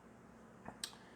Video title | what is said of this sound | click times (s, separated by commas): I Roger That: Netgear Arlo Wireless Security Camera Review BY ROGER'S REVIEWS - TREE LIFE | can basically just snaps right in there and then | 0.8 s